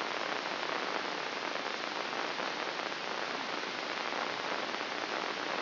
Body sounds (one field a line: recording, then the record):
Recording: brain microelectrode recording played as sound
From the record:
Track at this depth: inside the subthalamic nucleus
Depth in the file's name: 4.465 mm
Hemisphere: left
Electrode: 3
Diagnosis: Parkinson's disease